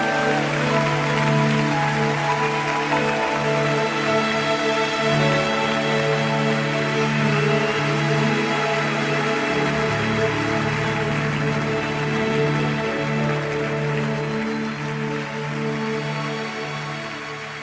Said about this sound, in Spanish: Palmas al Rey de Reyes.